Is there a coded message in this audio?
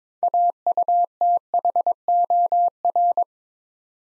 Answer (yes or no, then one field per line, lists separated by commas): yes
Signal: Morse code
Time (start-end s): 0.2-3.2 s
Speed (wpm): 22 wpm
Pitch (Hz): 700 Hz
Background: none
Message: AUTHOR